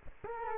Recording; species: mosquito wingbeat signal from an infrared sensor; Culex quinquefasciatus